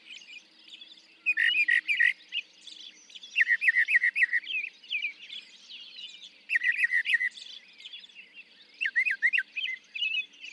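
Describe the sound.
Northern mockingbird song, bursts of rapid, chattering high notes in groups, separated by short pauses, with softer twittering between bursts.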